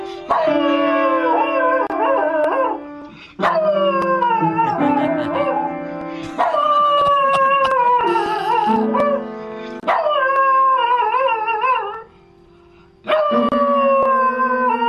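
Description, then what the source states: Dog howling: long wavering, sliding howls in several bursts with short gaps, over sustained low piano-like tones from keys being pressed. Dog sits with hind legs on a stool and a front paw on the piano, plonks the keys, then 'sings'.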